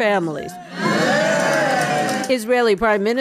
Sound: sound of people cheering